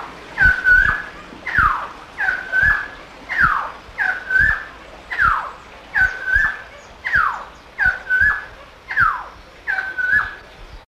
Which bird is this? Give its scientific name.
Philemon moluccensis